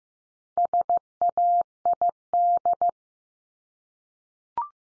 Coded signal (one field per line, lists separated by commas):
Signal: Morse code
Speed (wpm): 15 wpm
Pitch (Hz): 700 Hz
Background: none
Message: SAID